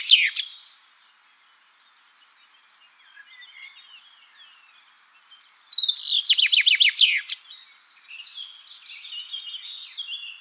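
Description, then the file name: Common chaffinch: a brief note at the start, then after a lull a full song phrase of tumbling, falling notes with a flourish, over faint birdsong. "Fringilla coelebs"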